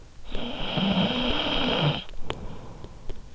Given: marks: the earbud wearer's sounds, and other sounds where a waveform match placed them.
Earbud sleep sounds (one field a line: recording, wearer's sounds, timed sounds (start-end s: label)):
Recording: sounds in sleep by an in-ear microphone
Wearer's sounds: snoring breath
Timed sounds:
0.16-3.30 s: snoring breath